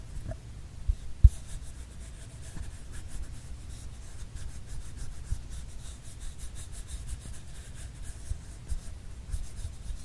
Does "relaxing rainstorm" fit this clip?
no